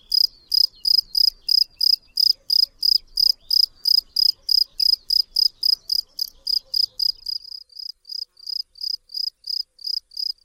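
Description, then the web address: Field cricket chirping, shrill, even pulses about three per second, steady at first, then becoming softer and more spaced toward the end. "Tajemnice puszczy Swierscz polny"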